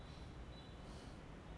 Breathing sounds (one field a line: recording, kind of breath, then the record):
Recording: one breath in and out by a microphone near the nose and mouth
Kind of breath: normal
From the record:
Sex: male